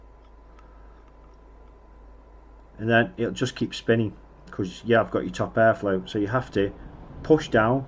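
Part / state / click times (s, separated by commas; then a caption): child-lock top cap onto vape tank / not seated / none. The child-lock top cap of a glass vape tank on an Aramax Power Gold Edition mod is being handled; because of the top airflow it just keeps spinning when screwed, so it has to be pushed down. After a quiet start with a faint tick near 0.6 s, someone talks through the rest of the clip. Nothing has seated or clicked in yet.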